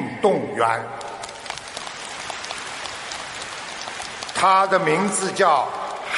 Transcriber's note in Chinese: 掌声